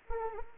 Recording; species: mosquito wingbeat signal from an infrared sensor; Anopheles arabiensis